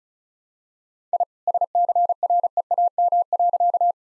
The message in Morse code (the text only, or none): I SCREAM.